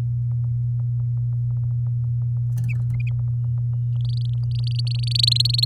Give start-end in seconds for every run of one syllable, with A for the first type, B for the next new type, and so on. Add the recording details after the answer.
4.00-5.65 A. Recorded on 7 May 2018 at 06:26. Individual llb16